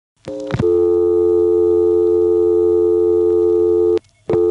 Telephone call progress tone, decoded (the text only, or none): dial tone